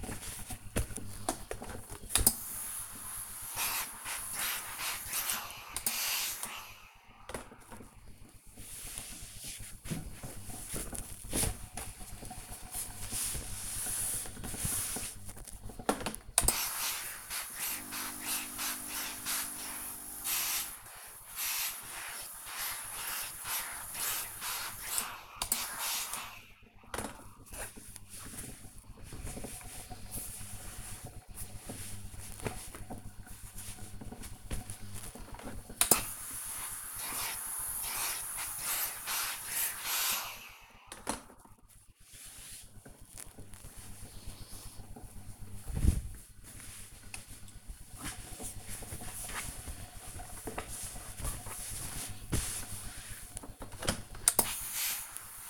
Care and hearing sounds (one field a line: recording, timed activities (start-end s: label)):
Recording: household activities, microphone on the right wrist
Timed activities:
0.00-55.50 s: ironing laundry